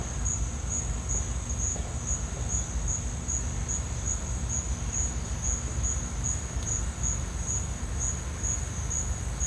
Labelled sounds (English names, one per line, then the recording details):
none
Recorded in pastures near Puerto Asís, Putumayo, Colombia, on 18 December 2024 at 11:00
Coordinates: 0.466, -76.322
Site G040